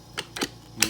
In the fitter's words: it will lock into place